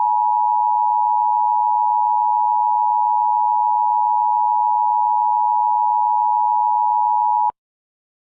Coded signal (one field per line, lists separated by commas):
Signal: Emergency Alert System (SAME) tones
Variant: 853 and 960 Hz attention tone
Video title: A sneak peek of my third mini EAS SCENARIO